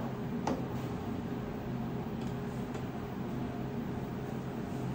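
A second 3D-printed plastic piece is pressed into place on a birdhouse and pops in with a short, sharp click at 0.5 s, over steady background noise. Fainter ticks follow at about 2.2 s and 2.7 s, and the piece is seated.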